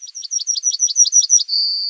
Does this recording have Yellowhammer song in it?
yes